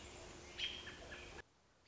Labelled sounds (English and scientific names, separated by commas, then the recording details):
American Robin (Turdus migratorius)
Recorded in Sonoma County, California